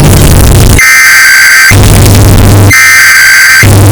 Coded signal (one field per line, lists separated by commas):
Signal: Emergency Alert System (SAME) tones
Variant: header bursts